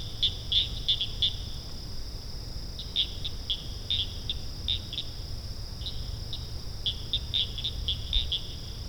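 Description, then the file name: Field cricket song: short high chirps in quick clusters, pausing and restarting irregularly, over a steady high-pitched tone and low background rumble. "agryllusga"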